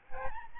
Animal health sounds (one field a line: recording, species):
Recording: mosquito wingbeat signal from an infrared sensor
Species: Aedes albopictus